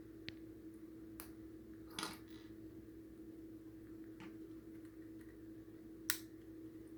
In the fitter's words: There we go. There's that nice snap.